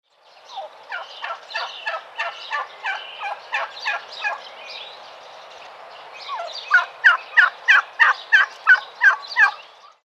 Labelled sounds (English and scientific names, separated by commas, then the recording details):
Wild Turkey (Meleagris gallopavo)
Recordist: Tembrock, Günter
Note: Lautfolgen einer Henne